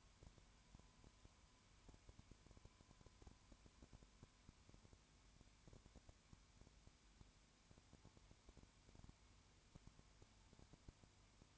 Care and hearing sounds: daily activity, microphone in the room; no activity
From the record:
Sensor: 2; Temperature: 20.0 degrees Celsius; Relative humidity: 32.0%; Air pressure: 1001.1 hPa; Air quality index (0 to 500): 55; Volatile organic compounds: 1 ppm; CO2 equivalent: 602 ppm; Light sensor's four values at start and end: 2/3/2/2 and 2/3/2/2

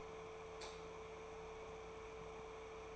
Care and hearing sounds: daily activity, microphone in the room; light off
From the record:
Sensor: 1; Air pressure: 1014.8 hPa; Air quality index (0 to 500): 186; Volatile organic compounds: 19 ppm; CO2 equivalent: 2642 ppm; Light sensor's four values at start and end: 30/81/33/38 and 23/56/23/28

